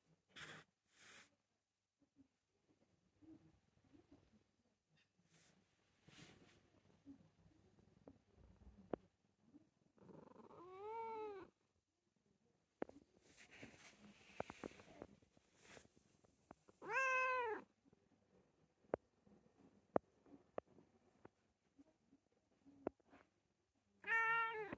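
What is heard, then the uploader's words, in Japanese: A cat meows insistently in the morning, with three drawn-out, wavering cries at about 10, 17 and 24 seconds. Between them come quiet shuffling, soft taps and a few sharp clicks, with short bursts of rustling near the start. 朝のﾆｬｰﾝ。朝はすごい鳴く。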